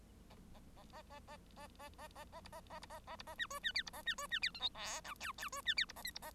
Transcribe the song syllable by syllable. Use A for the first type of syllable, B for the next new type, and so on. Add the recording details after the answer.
A A A A A A A A A A A B A A B A A B A C D C E B A C D C E F G H I J J D C E B A K B A. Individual Bird1